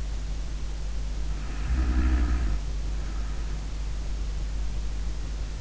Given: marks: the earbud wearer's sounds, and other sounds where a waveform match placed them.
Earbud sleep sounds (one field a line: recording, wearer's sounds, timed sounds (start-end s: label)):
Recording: sounds in sleep by an in-ear microphone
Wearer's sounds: snoring breath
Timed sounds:
0.98-3.65 s: snoring breath